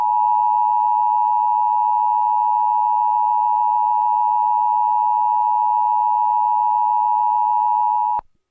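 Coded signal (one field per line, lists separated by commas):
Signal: Emergency Alert System (SAME) tones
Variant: 853 and 960 Hz attention tone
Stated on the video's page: Fictional monthly emergency alert test, repeated four times on the same day.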